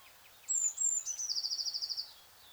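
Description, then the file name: Eurasian blue tit giving one call: two or three thin, very high whistled notes followed by a rapid, regular trill that ends abruptly. "Cyanistes caeruleus"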